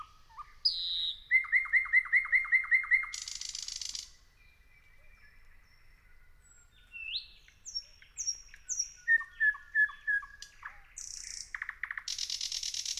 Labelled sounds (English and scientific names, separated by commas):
Thrush Nightingale (Luscinia luscinia)